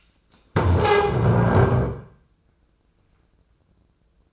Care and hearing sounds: daily activity, microphone in the room; stand up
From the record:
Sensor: 2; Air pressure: 995.8 hPa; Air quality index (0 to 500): 241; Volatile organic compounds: 1000 ppm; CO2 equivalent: 5945 ppm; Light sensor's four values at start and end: 28/68/30/33 and 26/61/27/30

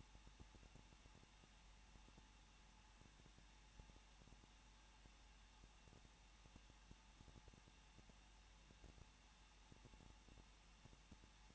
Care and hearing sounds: daily activity, microphone in the room; no activity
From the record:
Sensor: 1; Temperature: 20.1 degrees Celsius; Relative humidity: 39.1%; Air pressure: 1006.5 hPa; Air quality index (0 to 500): 216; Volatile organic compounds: 73 ppm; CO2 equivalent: 3542 ppm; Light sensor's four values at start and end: 1/2/1/1 and 1/2/1/1

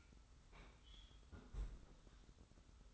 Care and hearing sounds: daily activity, microphone in the room; close fridge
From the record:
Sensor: 3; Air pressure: 991.0 hPa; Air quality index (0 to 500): 119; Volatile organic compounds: 90 ppm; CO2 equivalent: 3687 ppm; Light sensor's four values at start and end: 33/78/31/29 and 33/78/31/29

